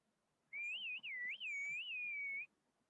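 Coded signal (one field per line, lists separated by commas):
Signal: whistled language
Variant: Turkish kuş dili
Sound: a loud gliding whistle rising and falling between mid and high pitch, about two seconds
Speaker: the bird language transforms the full Turkish vocabulary into very pitch frequencies and melodic lines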